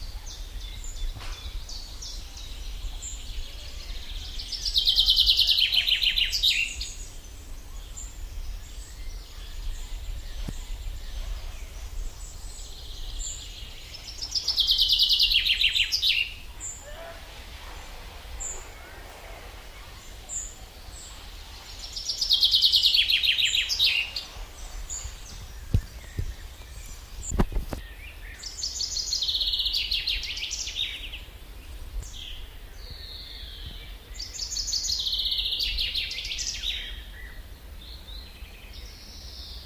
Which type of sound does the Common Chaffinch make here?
song